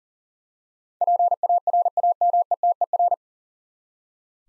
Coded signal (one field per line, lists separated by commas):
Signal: Morse code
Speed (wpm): 40 wpm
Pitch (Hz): 700 Hz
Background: none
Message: PARAMETER